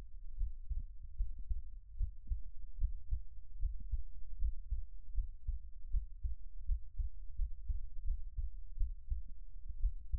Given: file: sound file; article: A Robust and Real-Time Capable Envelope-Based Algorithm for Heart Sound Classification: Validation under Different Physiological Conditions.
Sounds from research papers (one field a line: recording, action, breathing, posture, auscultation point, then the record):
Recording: heart sounds by electronic stethoscope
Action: rest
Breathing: normal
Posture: lying on stomach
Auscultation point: Erb’s point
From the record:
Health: healthy, no known heart disease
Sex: male